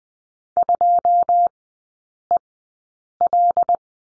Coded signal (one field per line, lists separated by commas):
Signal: Morse code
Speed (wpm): 20 wpm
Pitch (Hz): 700 Hz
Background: none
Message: 2EL